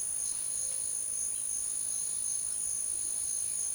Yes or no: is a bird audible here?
no